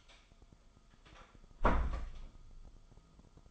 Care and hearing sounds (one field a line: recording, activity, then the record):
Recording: daily activity, microphone in the room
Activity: close door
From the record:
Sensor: 5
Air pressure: 1005.0 hPa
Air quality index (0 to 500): 101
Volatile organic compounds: 2 ppm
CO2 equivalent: 1228 ppm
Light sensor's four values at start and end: 34/78/31/30 and 34/78/31/30